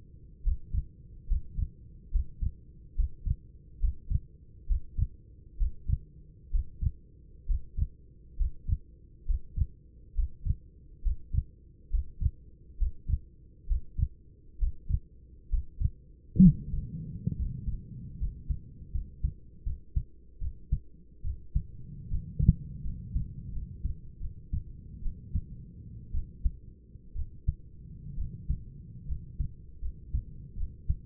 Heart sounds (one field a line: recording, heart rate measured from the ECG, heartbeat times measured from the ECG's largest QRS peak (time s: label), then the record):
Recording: heart sounds by stethoscope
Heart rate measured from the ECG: 70 bpm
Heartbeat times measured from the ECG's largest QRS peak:
0.43 s: heartbeat
1.27 s: heartbeat
2.11 s: heartbeat
2.95 s: heartbeat
3.79 s: heartbeat
4.67 s: heartbeat
5.57 s: heartbeat
6.51 s: heartbeat
7.46 s: heartbeat
8.37 s: heartbeat
9.25 s: heartbeat
10.14 s: heartbeat
11.02 s: heartbeat
11.90 s: heartbeat
12.77 s: heartbeat
13.67 s: heartbeat
14.58 s: heartbeat
15.49 s: heartbeat
16.42 s: heartbeat
17.36 s: heartbeat
18.18 s: heartbeat
18.92 s: heartbeat
19.64 s: heartbeat
20.40 s: heartbeat
21.23 s: heartbeat
22.10 s: heartbeat
22.83 s: heartbeat
23.52 s: heartbeat
24.20 s: heartbeat
25.02 s: heartbeat
26.13 s: heartbeat
27.15 s: heartbeat
28.17 s: heartbeat
29.07 s: heartbeat
29.81 s: heartbeat
30.56 s: heartbeat
From the record:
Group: healthy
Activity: breath hold 0-18 s, rest 18-31 s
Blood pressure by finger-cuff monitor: 123/74 mmHg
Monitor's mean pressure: 88 mmHg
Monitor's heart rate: 69 bpm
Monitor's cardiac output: 6.9 L/min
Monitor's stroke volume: 99 mL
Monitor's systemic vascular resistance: 920 dyn s/cm5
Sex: male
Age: 24 years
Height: 184 cm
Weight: 89 kg